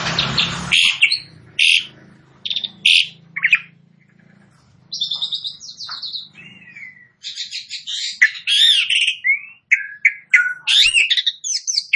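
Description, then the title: Asian pied starling song, scattered harsh notes over a low hum at first, then a dense chattering run of buzzy, squeaky and whistled phrases. "Jalak Suren Langsung Bunyi"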